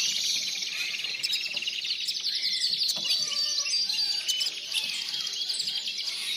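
Tropical birds calling together, a dense chorus of high chirps and trills with a few lower whistled notes weaving through, steady throughout.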